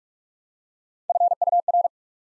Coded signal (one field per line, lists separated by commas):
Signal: Morse code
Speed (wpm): 44 wpm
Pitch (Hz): 700 Hz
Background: none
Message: FUR